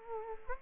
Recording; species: mosquito wingbeat signal from an infrared sensor; Culex quinquefasciatus